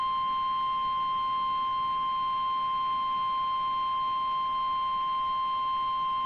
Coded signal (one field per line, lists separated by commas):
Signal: Emergency Alert System (SAME) tones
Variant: 1050 Hz attention tone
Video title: Severe Thunderstorm Warning for parts of New York (EAS #79)